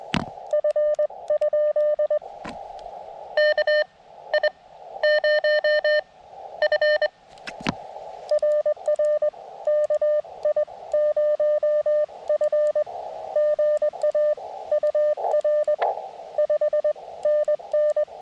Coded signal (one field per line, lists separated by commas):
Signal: Morse code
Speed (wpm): 21 wpm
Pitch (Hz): 600 Hz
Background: none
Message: F ? KI0F RR KI0F GA UR 5NN